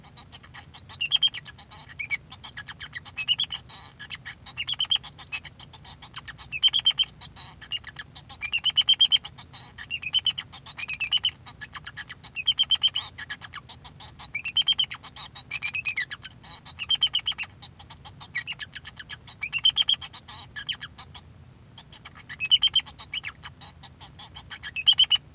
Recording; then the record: song of a male Bengalese finch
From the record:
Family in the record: son of father 2